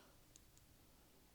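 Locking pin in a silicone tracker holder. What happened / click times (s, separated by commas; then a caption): A small locking pin clicks free of its catch / 0.4 s, 0.6 s. A small magnet is placed on the back of a silicone AirTag holder that locks like a security tag, and two short, sharp clicks sound at 0.4 s and 0.6 s over a quiet background. The locking pin clicks free and pops right out, releasing the holder.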